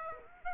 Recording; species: mosquito wingbeat signal from an infrared sensor; Aedes aegypti